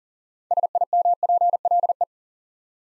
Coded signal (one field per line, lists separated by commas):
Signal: Morse code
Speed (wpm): 39 wpm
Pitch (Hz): 700 Hz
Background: none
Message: SIMPLE